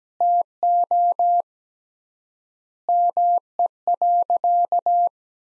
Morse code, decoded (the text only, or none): TO ME.